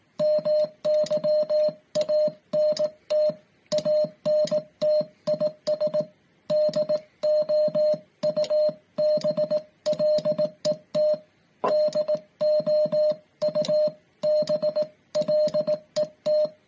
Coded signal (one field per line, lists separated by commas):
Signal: Morse code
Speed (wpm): 16 wpm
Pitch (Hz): 610 Hz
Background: music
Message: MY ANT ANT IS DOUBLET DOUBLET